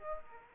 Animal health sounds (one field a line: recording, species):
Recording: mosquito wingbeat signal from an infrared sensor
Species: Aedes aegypti